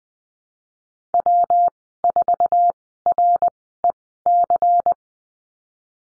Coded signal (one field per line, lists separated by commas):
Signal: Morse code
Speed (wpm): 20 wpm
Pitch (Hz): 700 Hz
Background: none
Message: W4REC